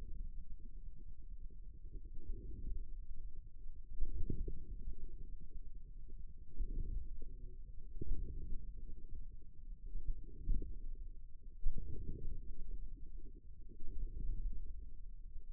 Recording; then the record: forearm muscle sounds (acoustic myography)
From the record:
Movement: inward rotation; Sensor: system 2, bracelet of six BSWA MPA416 microphones around the upper forearm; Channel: 4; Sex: male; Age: 22 years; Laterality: right